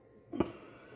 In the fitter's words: I had one snap one seal for me I heard it snap